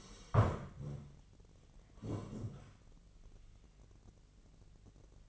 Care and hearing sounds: daily activity, microphone in the room; sit down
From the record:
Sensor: 4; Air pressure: 1013.1 hPa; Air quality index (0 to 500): 168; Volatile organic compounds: 2 ppm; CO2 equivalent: 1065 ppm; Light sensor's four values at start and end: 51/126/53/57 and 51/127/54/57

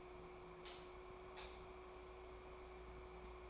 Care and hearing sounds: daily activity, microphone in the room; light off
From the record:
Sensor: 1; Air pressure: 1010.3 hPa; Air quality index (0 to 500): 171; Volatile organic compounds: 12 ppm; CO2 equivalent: 2362 ppm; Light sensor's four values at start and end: 54/146/59/74 and 51/133/54/69

